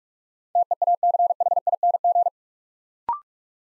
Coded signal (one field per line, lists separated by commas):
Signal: Morse code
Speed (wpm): 44 wpm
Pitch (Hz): 700 Hz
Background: none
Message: TEACHING